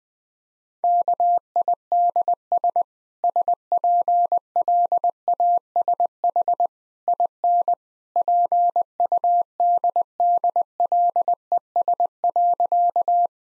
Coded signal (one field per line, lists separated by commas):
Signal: Morse code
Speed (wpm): 20 wpm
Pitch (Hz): 700 Hz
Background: none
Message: KIDS SPLASH IN PUDDLES.